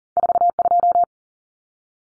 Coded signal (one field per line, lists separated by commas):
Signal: Morse code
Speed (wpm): 40 wpm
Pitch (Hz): 700 Hz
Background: none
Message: 42